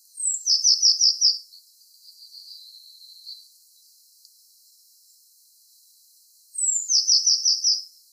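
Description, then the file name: Eurasian blue tit calls: a high falling note into a quick buzzy trill, a faint softer trill after, then a quiet gap before the same pattern returns. "Cyanistes caeruleus"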